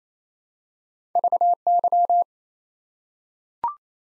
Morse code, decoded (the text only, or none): VY